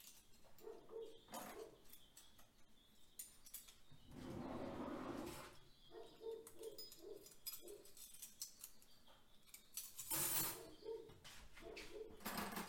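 Dishes are being washed, with sharp clinks and knocks of plates and utensils scattered through the whole stretch. A steady rush of running water swells from about four to five and a half seconds, and again briefly near ten seconds, between quieter clattering handling sounds.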